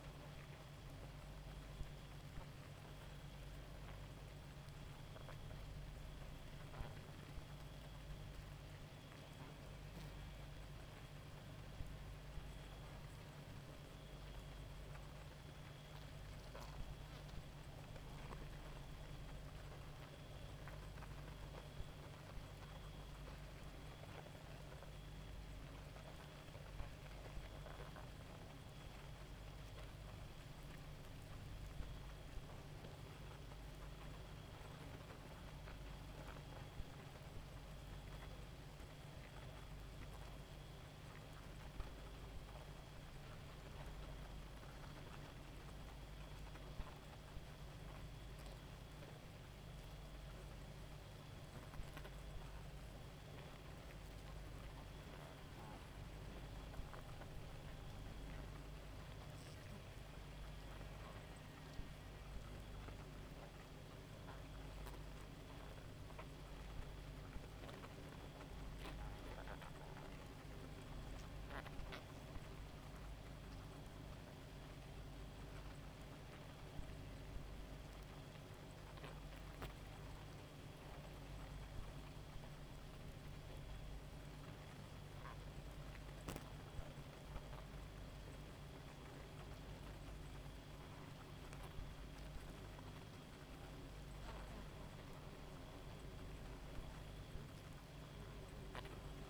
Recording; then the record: honeybee colony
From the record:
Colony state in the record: active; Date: 28 July 2017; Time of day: 1:31